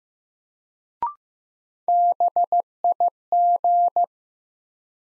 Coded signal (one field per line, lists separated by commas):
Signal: Morse code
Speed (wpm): 15 wpm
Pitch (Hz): 700 Hz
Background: none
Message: BIG